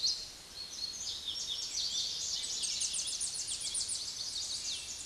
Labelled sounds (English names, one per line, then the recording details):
Tennessee Warbler song
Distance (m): 30 m
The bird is about 25 m above the microphone
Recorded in a Pennsylvania forest on 16 May 2024 at 06:18
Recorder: AudioMoth, point MSD-2306
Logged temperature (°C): 15.6 °C
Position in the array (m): 31 m, 60 m